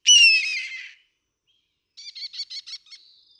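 Red-tailed hawk giving one loud, hoarse, descending scream, then a quick series of about seven short harmonic chips ending in a thin whistle.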